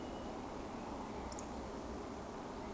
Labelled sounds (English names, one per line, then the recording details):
Eurasian Woodcock
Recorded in Baden-Württemberg, Germany, on 16 June 2020 at 19:39 UTC
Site 14569, 102 m above sea level